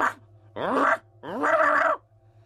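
A dog lets out two drawn-out, harsh barking growls, the second longer than the first, each rising in pitch at the start, with a low steady hum underneath and no talking.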